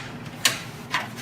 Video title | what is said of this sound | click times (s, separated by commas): Replacing drum, developer, and toner in your M2635DW, M2040DN, M2540DW and M2640IDW | Push it in until it locks down into the down position. You know it's locked when it clicks into place. | 0.4 s